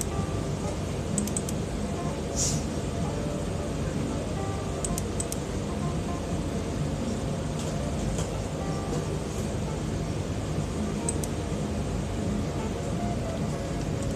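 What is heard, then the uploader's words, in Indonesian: Steady desk ambience: a constant low murmur and hum fills the background, like voices and machinery. Sparse, sharp clicks and taps, like keys or objects set down, break through every few seconds. Ambience meja kerja 1.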